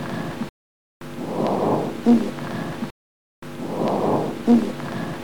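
Two breaths are heard in adult lungs through a stethoscope, each with a rumbling, snoring low-pitched sound over the airflow and a brief musical tone near its end. These are rhonchi, low-pitched continuous lung sounds from secretions or narrowing in the larger airways.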